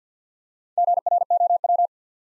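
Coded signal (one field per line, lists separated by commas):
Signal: Morse code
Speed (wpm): 48 wpm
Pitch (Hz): 700 Hz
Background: none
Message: GROW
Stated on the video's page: Morse practice set at 50 wpm, building 4-letter words two letters at a time, for instant character recognition.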